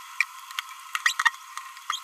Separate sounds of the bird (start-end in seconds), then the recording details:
1.06-1.13, 1.24-1.33, 1.90-2.00. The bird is a male. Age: 29 days. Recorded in a nest box in Venezuela. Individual 17B31A1